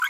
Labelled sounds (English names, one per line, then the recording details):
Green-rumped Parrotlet babbling
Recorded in a nest box in Venezuela
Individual 18B25A4